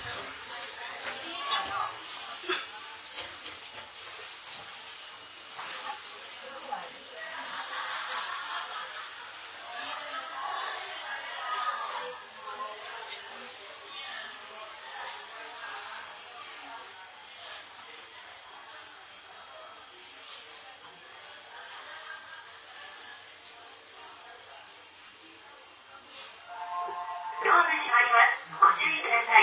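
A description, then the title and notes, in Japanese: A ride aboard an Izu-Hakone Railway 3000 series steel car between Shuzenji and Mishima. Talking voices continue throughout over a thin, muffled running sound that stays fairly even in level. From about 27 seconds, louder ringing tones break in and close the clip. 伊豆箱根鉄道3000系(鋼製車) 修善寺〜三島。車体は20ｍ級3扉車。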